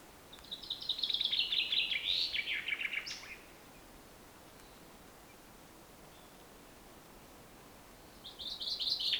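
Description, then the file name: Common chaffinch song: a fast run of bright, descending trilled notes over about three seconds ending in a flourish, then a new phrase starting near the end, over a quiet background hiss. "Fringilla coelebs"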